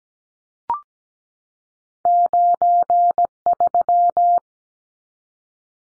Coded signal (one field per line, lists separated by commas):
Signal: Morse code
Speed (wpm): 17 wpm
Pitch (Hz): 700 Hz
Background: none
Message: 93